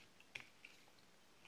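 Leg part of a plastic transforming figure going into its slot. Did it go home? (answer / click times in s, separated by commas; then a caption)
yes / 0.4 s. The second leg of a plastic Combiner Wars Voyager Class Silverbolt transforming robot figure is quickly rotated and returned to position so it clears the other parts and goes into its slot. A sharp click at 0.4 s marks the leg snapping into place; faint plastic ticks follow shortly after, around 0.4 s and 0.7 s. The leg is seated and fits perfectly.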